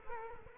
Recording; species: mosquito wingbeat signal from an infrared sensor; Culex quinquefasciatus